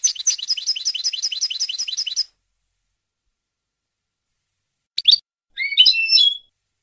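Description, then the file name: European goldfinch song, a quick run of about a dozen repeated twittering notes, a pause, then a few separate chirps and a buzzy phrase. "audio burung goldfinch"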